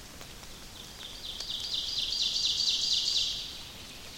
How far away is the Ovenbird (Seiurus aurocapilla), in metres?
about 45 m